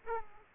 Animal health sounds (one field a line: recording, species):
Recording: mosquito wingbeat signal from an infrared sensor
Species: Aedes aegypti